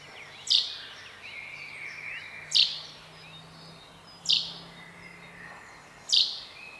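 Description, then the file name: Common chaffinch calling: four sharp, bright high notes repeated roughly every two seconds, with faint thin bird sounds and light hiss in the background. "Fringilla coelebs"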